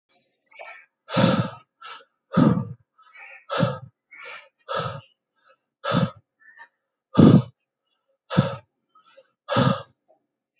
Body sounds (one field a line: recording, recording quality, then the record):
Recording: shallow breathing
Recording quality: excellent, no background noise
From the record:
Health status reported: healthy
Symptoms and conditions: diabetes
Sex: male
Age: 60 years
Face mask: not worn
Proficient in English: yes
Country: India